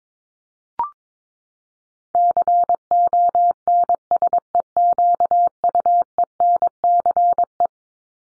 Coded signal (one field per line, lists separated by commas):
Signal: Morse code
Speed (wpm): 22 wpm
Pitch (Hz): 700 Hz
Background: none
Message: CONSEQUENCE